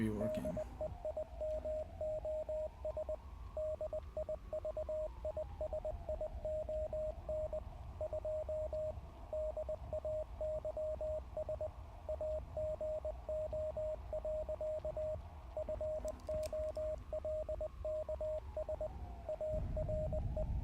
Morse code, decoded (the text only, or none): DEIMOS DIVISION 2 DAYS AGO. FOLKS ARE